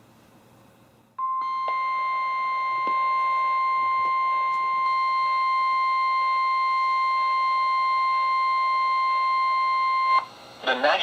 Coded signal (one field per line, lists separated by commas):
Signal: Emergency Alert System (SAME) tones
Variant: 1050 Hz attention tone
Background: speech